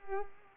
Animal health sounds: mosquito wingbeat signal from an infrared sensor; Culex pipiens

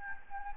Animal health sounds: mosquito wingbeat signal from an infrared sensor; Anopheles gambiae

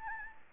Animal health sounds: mosquito wingbeat signal from an infrared sensor; Anopheles gambiae

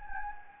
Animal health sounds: mosquito wingbeat signal from an infrared sensor; Anopheles gambiae

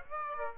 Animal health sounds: mosquito wingbeat signal from an infrared sensor; Aedes aegypti

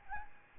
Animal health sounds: mosquito wingbeat signal from an infrared sensor; Aedes albopictus

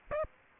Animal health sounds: mosquito wingbeat signal from an infrared sensor; Culex pipiens

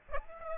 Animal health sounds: mosquito wingbeat signal from an infrared sensor; Aedes aegypti

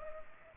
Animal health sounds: mosquito wingbeat signal from an infrared sensor; Culex pipiens

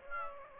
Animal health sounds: mosquito wingbeat signal from an infrared sensor; Aedes aegypti

